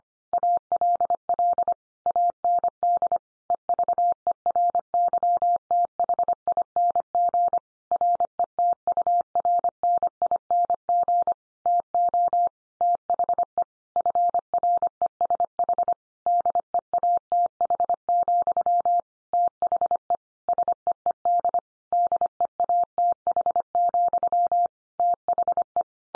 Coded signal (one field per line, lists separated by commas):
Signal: Morse code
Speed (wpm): 25 wpm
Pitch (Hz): 700 Hz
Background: none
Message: ALL AND EVERYTHING RETURNING TO THE FRESH DEATH, THE SEED DEATH, THE